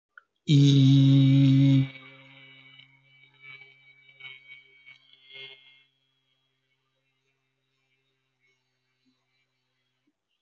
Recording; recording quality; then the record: sustained vowel as in beet; excellent, no background noise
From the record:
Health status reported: healthy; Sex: male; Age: 24 years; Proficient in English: yes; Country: India